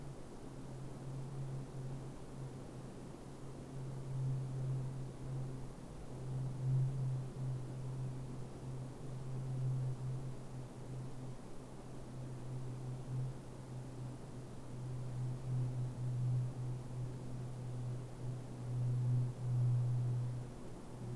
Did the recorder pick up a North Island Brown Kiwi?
no